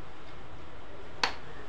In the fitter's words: ఈ విధంగా మనం లాక్స్ వేస్తే ఈ వుడెన్ అనేది లాక్ అయిపోతుంది, బయటికి రాదు.